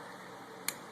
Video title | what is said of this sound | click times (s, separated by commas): EF6300 Wireless Remote Installation | will push it firmly with both thumbs slit clicks and it'll snap in place just | 0.7 s